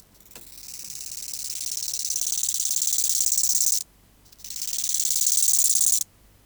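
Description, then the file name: Bow-winged grasshopper song: a long crescendoing rasp of over three seconds, a brief pause, then a second shorter phrase, both high and finely pulsed. "Chorthippus biguttulus"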